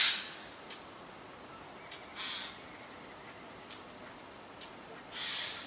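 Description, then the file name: Eurasian jay giving harsh, rasping screeches, three louder bursts a few seconds apart, with fainter scratchy notes between them over a quiet hiss. "Garrulus glandarius"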